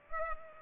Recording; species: mosquito wingbeat signal from an infrared sensor; Culex pipiens